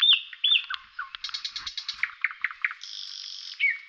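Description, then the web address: Bird song of varied whistled notes, sliding whistles, then a rapid series of short chirps and a sustained buzzy note ending in a falling whistle. "Dirt-Samples birds"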